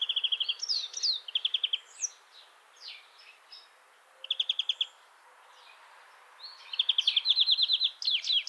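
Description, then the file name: European greenfinch song: short rapid buzzy trills alternating with quick downslurred whistled notes, in bursts separated by pauses of a second or two. "Chloris chloris"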